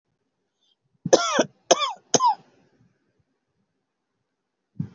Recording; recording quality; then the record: heavy voluntary cough; excellent, no background noise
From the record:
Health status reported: healthy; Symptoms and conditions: hypertension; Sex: female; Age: 47 years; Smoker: not ticked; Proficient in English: yes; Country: India